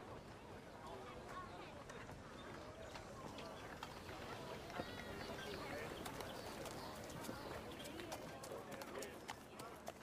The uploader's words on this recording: Animals (sheep/chicken/horse/dog). Quiet medieval town. Distance music/chatter/horse cart.